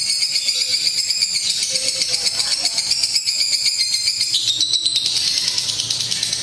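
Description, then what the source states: Lovebird chatter, loud and harsh, a rapid rattle of high notes that shifts slightly lower in pitch near the close. Lutino lovebird giving the ngekek chattering call, used for training.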